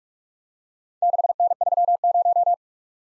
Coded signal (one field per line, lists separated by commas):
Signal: Morse code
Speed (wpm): 44 wpm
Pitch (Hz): 700 Hz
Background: none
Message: 6N30